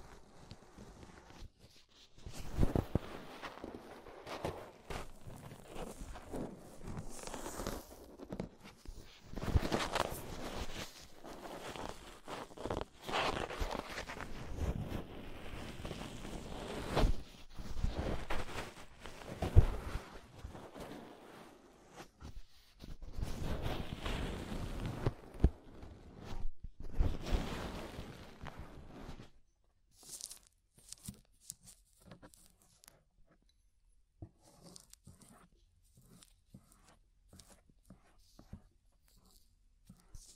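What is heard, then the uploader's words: Scraping inside and around the ear, made of dense rustling and crackling strokes that come in uneven bursts with short pauses between them. The sound is bright. After about half a minute it drops to sparse, faint taps and near silence. Inner and Outer Ear Scraping (No Talking).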